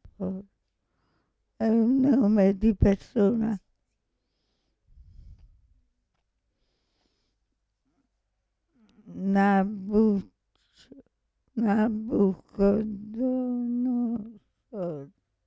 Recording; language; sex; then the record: read passage; Italian; female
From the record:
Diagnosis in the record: Parkinson's disease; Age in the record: 65 years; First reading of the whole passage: 242 s, 2.1 characters per second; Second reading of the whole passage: 180 s, 2.9 characters per second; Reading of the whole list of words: 168 s, 1.7 characters per second